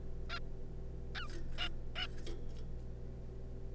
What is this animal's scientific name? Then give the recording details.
Taeniopygia guttata. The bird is a juvenile. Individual R3549